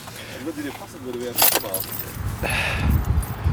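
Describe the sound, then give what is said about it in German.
A voice murmurs briefly, then car keys jangle in a bright metallic rattle, followed by a sustained clicking and whirring as the car is locked, with a faint steady tone. “Ich sollte mein Auto auch noch abschließen.”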